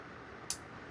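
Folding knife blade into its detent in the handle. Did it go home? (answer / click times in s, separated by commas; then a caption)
yes / 0.5 s. A Vixino Bronto folding pocket knife blade is closed and clicks into place in its handle at 0.5 s, held by the detent ball. The click is a single sharp, bright snap against a faint steady background hiss. The blade seats firmly, with a good detent action.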